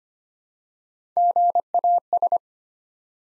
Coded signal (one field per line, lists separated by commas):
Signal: Morse code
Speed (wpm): 25 wpm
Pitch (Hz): 700 Hz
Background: none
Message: GAS